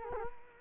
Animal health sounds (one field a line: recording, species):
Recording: mosquito wingbeat signal from an infrared sensor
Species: Culex quinquefasciatus